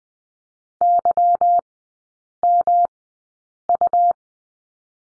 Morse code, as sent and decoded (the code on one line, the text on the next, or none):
-.-- -- ..-
YMU